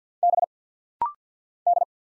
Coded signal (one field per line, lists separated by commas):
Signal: Morse code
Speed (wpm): 50 wpm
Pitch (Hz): 700 Hz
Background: none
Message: B D